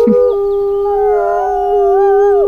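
A wolf howls in a long, steady, mournful tone lasting a couple of seconds, with a second wavering howl rising and falling above it before fading at the end.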